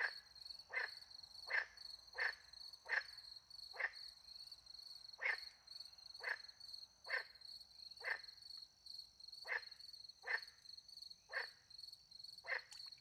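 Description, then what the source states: Frogs calling with short, sharp croaks repeated about once a second, over a steady high-pitched trill of crickets. Frogs with crickets in the countryside at night beside a little pond in France; microphones hidden in a tree, recorded with two Usi Pro microphones into a MixPre-10 II.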